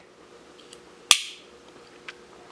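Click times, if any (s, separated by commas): none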